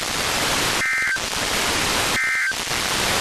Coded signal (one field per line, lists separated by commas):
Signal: Emergency Alert System (SAME) tones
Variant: end-of-message bursts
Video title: NWR Weekly Tests (1/26/22)(EAS 1064-1065)